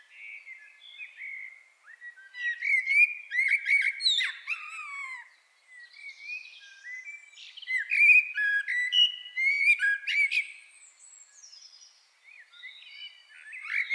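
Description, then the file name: Common blackbird song: two fluty, mellow warbled phrases, each rising into a squeaky, high twittering flourish, with quieter whistles between them and the start of a third at the end. "Turdus merula"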